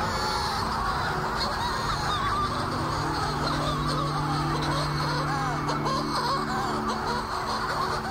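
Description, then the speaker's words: Manx shearwaters in a dense chorus of harsh, overlapping cackling and wailing calls, continuous throughout, with a low steady hum underneath. Unseen birds giving banshee-like screams and howls as they circle the summit of the island. "And you wouldn't see these birds, but you would hear these banshee screams and howls circling the summit of the island, just as we can now."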